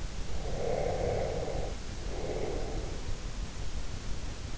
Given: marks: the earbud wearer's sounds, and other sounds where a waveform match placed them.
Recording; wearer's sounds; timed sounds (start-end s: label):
sounds in sleep by an in-ear microphone; breath
0.34-3.06 s: breath